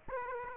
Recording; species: mosquito wingbeat signal from an infrared sensor; Aedes aegypti